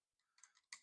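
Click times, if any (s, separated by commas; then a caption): 0.7 s. A barrel bushing on a 1911 pistol is pushed down over the recoil spring plug and turned in the steel slide, giving a few faint metallic ticks and scrapes. It clicks sharply into its locked position at 0.7 s, seated.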